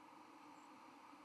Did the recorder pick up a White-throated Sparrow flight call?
yes